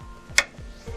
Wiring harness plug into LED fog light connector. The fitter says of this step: once it clicks in you know it's connected now